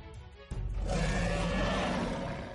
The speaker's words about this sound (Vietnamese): Gã lùn ngửa mặt lên trời gầm rú, thân thể gã đột nhiên phồng lên.